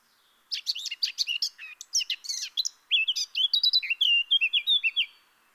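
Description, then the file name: Eurasian blackcap song: a fast scratchy warble that moves into clearer, fluty whistled notes toward the end, all delivered in one continuous phrase. "Sylvia atricapilla"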